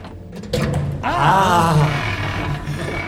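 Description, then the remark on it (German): A door opens: a couple of soft knocks or latch clicks, then a long, wavering hinge creak that rises and bends in pitch before fading into a low hum. “Die Tür. Endlich.”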